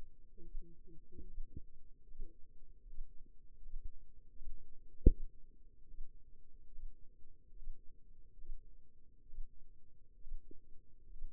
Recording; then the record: forearm muscle sounds (acoustic myography)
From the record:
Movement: rest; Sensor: system 2, bracelet of six BSWA MPA416 microphones around the upper forearm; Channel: 2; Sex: female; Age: 25 years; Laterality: right